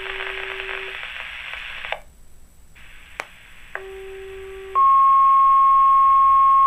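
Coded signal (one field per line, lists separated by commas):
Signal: two-tone page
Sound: scanner hiss, then a short low tone followed by a long steady higher tone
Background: radio static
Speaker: the Huntingdon County, Pennsylvania 911 Emergency Services Alerting System. This is only a test.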